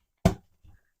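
A plastic lid is deliberately pressed on badly onto a paint mixing cup, giving one sharp pop at 0.3 s followed by a quieter, duller sound around 0.7 s. The liner folds, so the lid looks in but is not seated all the way around.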